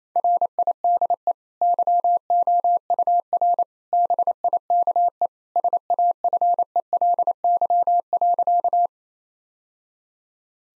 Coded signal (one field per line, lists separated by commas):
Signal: Morse code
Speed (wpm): 28 wpm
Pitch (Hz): 700 Hz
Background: none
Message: RIDE YOUR BIKE SAFELY.